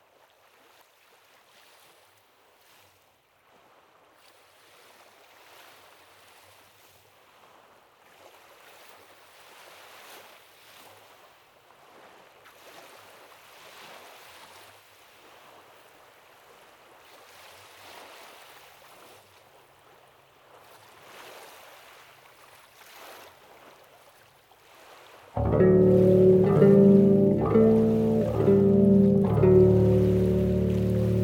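Soft Lake Michigan waves wash and hiss quietly for the first twenty-five seconds, in slow, uneven surges. At about 25 seconds a loud bass enters abruptly, playing steady, deep notes in a clear rhythm over the water.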